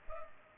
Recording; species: mosquito wingbeat signal from an infrared sensor; Culex pipiens